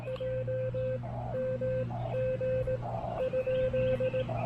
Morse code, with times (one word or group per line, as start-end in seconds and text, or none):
0.1-1.0 J
1.3-1.8 M
2.1-2.8 G
3.2-4.2 ?